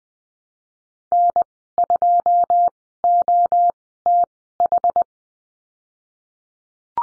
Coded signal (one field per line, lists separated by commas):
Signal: Morse code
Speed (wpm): 20 wpm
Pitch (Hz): 700 Hz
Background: none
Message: N2OTH